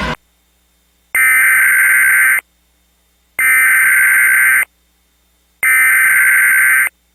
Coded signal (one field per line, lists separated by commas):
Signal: Emergency Alert System (SAME) tones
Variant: header bursts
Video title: (VALID TONES) EAS Recreation Mock - Parkersburg, WV Tornado Warning (02/28/2011)